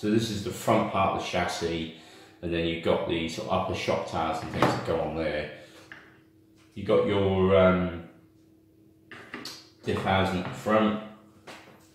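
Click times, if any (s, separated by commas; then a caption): none. Someone talks while lining up the front differential housing on the plastic chassis of a Traxxas X-Maxx RC truck, ready to clip it in. Only handling noises are heard, including brief knocks around 5.9 s and 9.1 to 9.5 s. The housing has not been pushed home yet, and nothing has clicked or seated.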